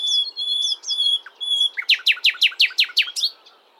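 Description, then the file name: Common nightingale singing drawn-out high whistles with short chips, followed by a loud series of several sharp descending notes in quick rhythm. "Luscinia megarhynchos"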